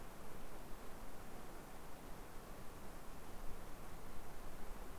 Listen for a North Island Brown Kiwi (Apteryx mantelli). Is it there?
no